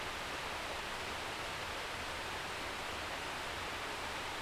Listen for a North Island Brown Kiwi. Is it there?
no